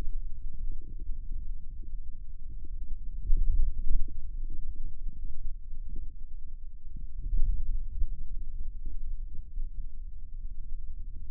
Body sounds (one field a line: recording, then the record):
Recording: forearm muscle sounds (acoustic myography)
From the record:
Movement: hand opening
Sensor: system 2, bracelet of six BSWA MPA416 microphones around the upper forearm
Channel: 4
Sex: male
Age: 22 years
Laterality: right